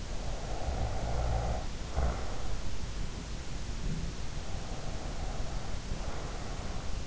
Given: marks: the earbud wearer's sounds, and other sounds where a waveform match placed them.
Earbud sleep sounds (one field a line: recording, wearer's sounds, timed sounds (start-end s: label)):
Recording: sounds in sleep by an in-ear microphone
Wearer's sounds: snoring breath, breath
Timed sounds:
0.19-2.45 s: snoring breath
4.42-7.07 s: breath